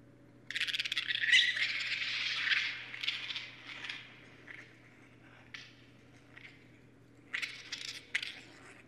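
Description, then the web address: Raccoon giving a long raspy squalling outburst of about two seconds, followed by scattered brief harsh chirps and a closing pair of scratchy bursts; faint electrical hum beneath. Recorded 23 January 2012. "sounds mammals Raccoon 2012 01 23 Raccoon"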